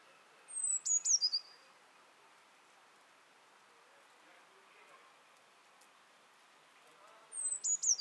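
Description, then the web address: Eurasian blue tit call heard twice, at the start and at the end: piercing high notes dropping into a fast run of repeated notes, with a long quiet gap between them. "SETE Cyanistes caeruleus"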